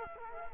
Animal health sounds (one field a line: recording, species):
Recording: mosquito wingbeat signal from an infrared sensor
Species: Culex quinquefasciatus